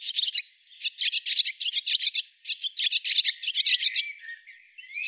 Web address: cianscape birddata Deverinetal Bird Hi Ru